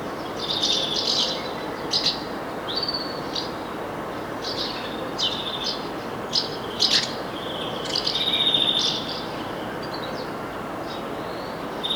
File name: Chloris chloris